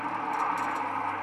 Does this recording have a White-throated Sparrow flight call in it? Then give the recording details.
no. No flight call is heard. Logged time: 21:38 on 13 December 2014